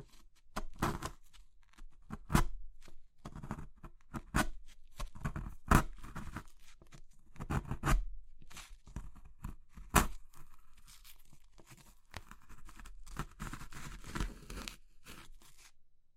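Crushing of soft, brittle materials such as chalk, soap or meringue, heard as a run of dry, crunchy snaps and crumbles. The cracks come irregularly, about one or two per second, with sharper, louder breaks near 2, 6, 8 and 10 seconds and quieter crumbling between.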